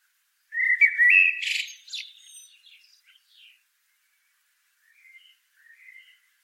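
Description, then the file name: Common blackbird singing one phrase: a mellow whistled opening that steps upward, then a scratchy high twitter, followed by a few faint soft notes after a pause. "Turdus merula"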